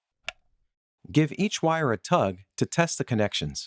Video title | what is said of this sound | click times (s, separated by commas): Powerwall 2 - Wiring (International) | Collega il cablaggio di alimentazione AC alla porta AC nel del vano cablaggio. Si dovrebbe sentire un clic. | 0.3 s